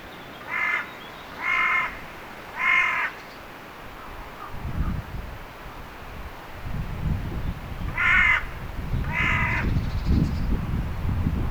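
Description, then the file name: Carrion crow giving harsh caws in two bouts: three evenly spaced calls, a pause with low rumbling noise, then two more caws. "Corvus corone"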